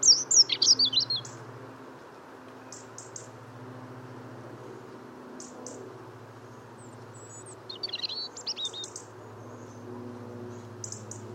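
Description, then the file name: European robin: small songbird gives a brief high, jingling phrase at the start and a softer twittering burst later, against a continuous low droning hum. "Erithacus rubecula"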